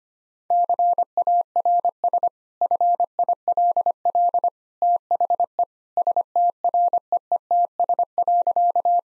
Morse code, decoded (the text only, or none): CARS FILL THE STREETS.